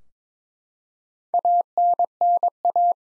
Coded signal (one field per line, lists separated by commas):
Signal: Morse code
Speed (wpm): 23 wpm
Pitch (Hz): 700 Hz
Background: none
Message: ANNA